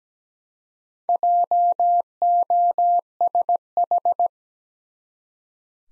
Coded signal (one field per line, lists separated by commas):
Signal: Morse code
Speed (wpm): 17 wpm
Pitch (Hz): 700 Hz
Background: none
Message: JOSH